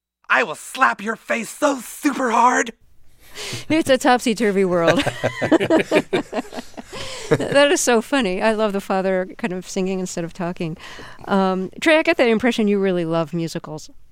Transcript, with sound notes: I will slap your face so super-hard. It's a topsy-turvy world. (Soundbite of laughter) That is so funny. I love the father kind of singing instead of talking. Trey, I get the impression you really love musicals.